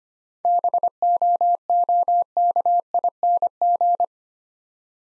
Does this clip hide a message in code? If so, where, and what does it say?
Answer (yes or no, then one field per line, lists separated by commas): yes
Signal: Morse code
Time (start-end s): 0.4-4.0 s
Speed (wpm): 25 wpm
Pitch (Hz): 700 Hz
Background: none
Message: BOOKING